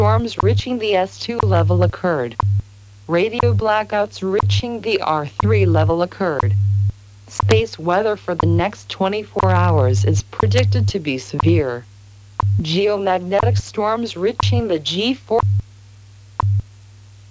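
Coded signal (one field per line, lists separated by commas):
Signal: radio time signal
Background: speech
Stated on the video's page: WWV recorded during extreme geomagnetic storms and radio blackouts.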